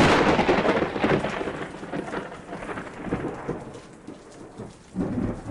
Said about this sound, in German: Oh Mann, der Regen kommt. Komm schnell ins Zelt.